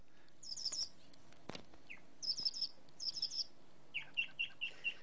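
Birds sing in short bursts of high, bright chirping trills, several quick phrases separated by brief pauses, with a sharp click in the middle and a faint hiss underneath.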